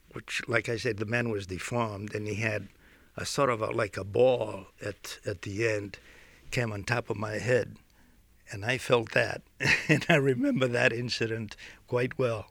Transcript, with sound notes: would, like I said, the man was deformed, and he had a sort of a, like a ball at the end, came on top of my head. And I felt that. ( he laughs ) I remember that incident quite well.